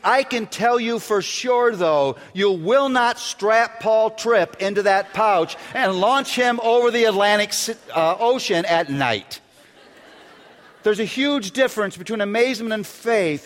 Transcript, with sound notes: I can tell you for sure, though, you will not strap Paul Tripp into that pouch and launch him over the Atlantic Ocean at night. (laughter) There's a huge difference between amazement and faith.